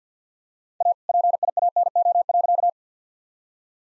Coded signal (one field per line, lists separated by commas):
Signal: Morse code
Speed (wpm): 50 wpm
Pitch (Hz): 700 Hz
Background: none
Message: A PIANO.